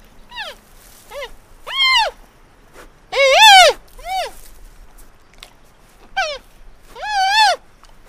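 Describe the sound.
Panda calls: a run of about eight wavering, rising-and-falling harmonic bleats, some short and some drawn out, the loudest around the middle, with near silence between them.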